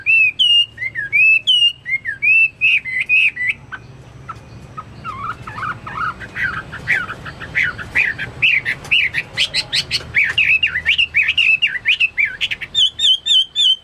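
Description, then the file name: Chinese hwamei song: repeated looping whistles at first, then a long, quick, varied chatter of whistled notes. "omkicau hwamei"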